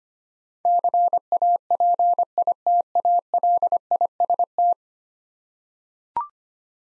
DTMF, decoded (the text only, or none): none